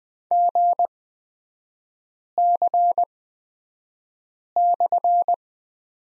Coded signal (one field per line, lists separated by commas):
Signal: Morse code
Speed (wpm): 20 wpm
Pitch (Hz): 700 Hz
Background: none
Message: GC/